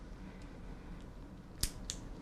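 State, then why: Seated. The second end of an abdomen belt's plastic clip is snapped into a sleep study sensor buckle. Two sharp clicks sound at 1.6 and 1.9 seconds over quiet background noise, and the clip is seated.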